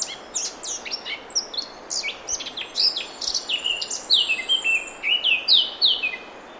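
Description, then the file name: Eurasian blackcap song: rapid scratchy chattering notes that give way to clearer, louder fluting whistles toward the end of the phrase. "Sylvia atricapilla"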